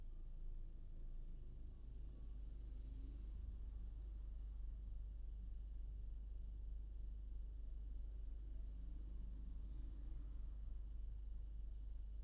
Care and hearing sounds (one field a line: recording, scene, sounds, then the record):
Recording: everyday scene through a hearing-aid microphone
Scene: in a vehicle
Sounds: engine idling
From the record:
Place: Berlingo II, diesel engine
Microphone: in the ear canal, right